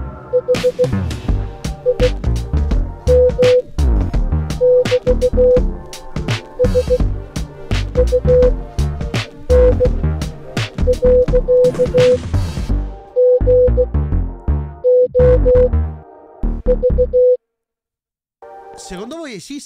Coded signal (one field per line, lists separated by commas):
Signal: Morse code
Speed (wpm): 16 wpm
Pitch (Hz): 500 Hz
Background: speech, music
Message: HIM<BT>SUN.GOV